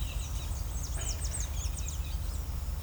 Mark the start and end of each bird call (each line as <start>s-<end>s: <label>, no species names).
0.00s-2.04s: bird call